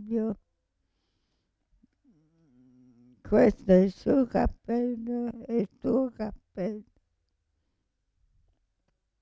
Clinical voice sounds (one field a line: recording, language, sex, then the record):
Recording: read phrases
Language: Italian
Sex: female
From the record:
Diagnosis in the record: Parkinson's disease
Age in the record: 65 years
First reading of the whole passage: 242 s, 2.1 characters per second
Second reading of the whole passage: 180 s, 2.9 characters per second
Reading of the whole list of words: 168 s, 1.7 characters per second